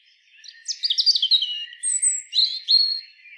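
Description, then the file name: European robin with one song phrase: quick sweeping high notes tumbling downward, then sustained thin whistles and a final short warble. "Erithacus rubecula"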